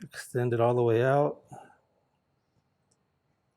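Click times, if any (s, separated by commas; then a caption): none. A rubber dust boot is being centered on a brake caliper piston, extended all the way out, before being pushed down during a brake rebuild on a Turbo E36 M3. Someone talks through most of the first 1.7 seconds, then only faint small ticks follow, the sharpest near 2.9 seconds. The boot has not seated or clicked yet.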